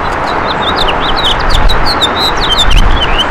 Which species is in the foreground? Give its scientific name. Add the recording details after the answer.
Haemorhous mexicanus. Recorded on Long Island, New York, on 14 June 2012. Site CH. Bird B